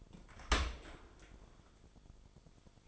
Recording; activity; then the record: daily activity, microphone in the room; open dishwasher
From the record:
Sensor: 5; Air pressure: 1003.2 hPa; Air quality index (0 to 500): 127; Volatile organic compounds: 1 ppm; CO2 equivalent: 933 ppm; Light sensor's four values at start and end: 74/178/74/84 and 70/169/71/80